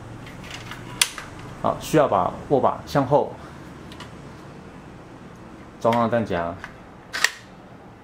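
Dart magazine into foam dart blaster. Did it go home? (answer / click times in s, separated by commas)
yes / 7.2 s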